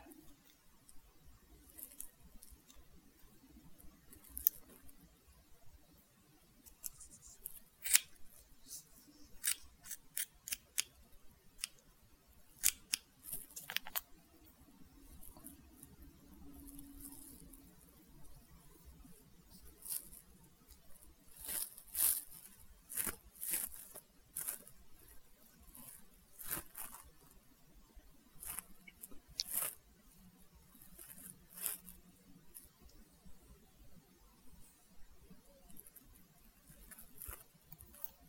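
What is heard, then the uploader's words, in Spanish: Scissors snip during a haircut in quick irregular bursts of bright clicks, with soft low murmuring voices underneath throughout. Corte de cabello. Muchos sonido de tijeras.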